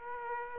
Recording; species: mosquito wingbeat signal from an infrared sensor; Aedes aegypti